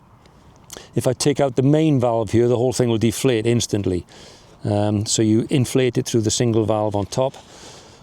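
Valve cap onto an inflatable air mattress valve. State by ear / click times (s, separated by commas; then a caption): not seated / none. Someone talks while handling the plastic cap of the inflation valve on an inflatable air mattress, which is about to be pushed back onto the valve. A few faint taps are heard near the start, but nothing has seated or clicked yet.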